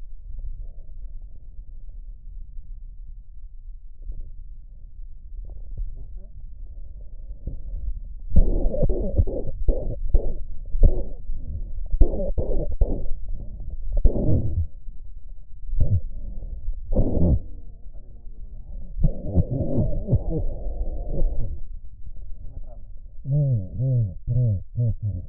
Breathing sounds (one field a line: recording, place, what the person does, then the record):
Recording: lung sounds by stethoscope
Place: right posterior apical chest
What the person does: quiet breathing, then cough and speech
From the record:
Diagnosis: pulmonary infection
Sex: male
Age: 74 years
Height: 171 cm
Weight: 80 kg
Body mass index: 27.4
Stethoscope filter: extended mode